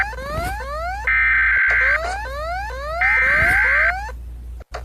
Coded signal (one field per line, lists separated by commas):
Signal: Emergency Alert System (SAME) tones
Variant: header bursts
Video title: Foxy Rates EAS Alarms Part 6! (this took an eternity to make)